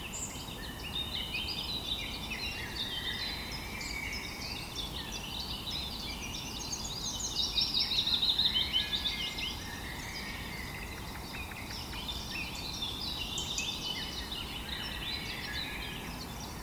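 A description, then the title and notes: Birds call and sing continuously over a steady low outdoor rumble, with many overlapping high chirps and trills from several birds. Activity thickens around the middle, where a louder, rapid trill stands out near eight seconds, before settling back to a busy chorus. Bird sounds Relaxation - Nature sounds music.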